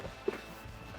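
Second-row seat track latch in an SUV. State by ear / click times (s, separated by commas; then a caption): not seated / none. Someone sitting in the third row of an SUV slides the second-row seat back along its track, but the seat latch fails to lock because their legs are in the way. A soft thump is heard at about 0.3 s and a brief sharp tick at about 1.0 s over quiet background noise. Nothing has seated or clicked yet.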